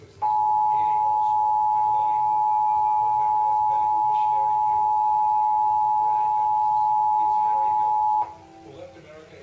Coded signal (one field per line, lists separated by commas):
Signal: Emergency Alert System (SAME) tones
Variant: 853 and 960 Hz attention tone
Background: speech, music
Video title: LI Required Monthly Test (2/4/16)